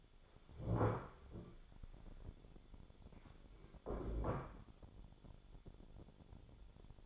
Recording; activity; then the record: daily activity, microphone in the room; stand up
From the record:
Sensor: 5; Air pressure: 1015.4 hPa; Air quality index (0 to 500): 175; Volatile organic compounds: 6 ppm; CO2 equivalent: 1903 ppm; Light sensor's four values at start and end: 36/83/33/32 and 36/83/34/32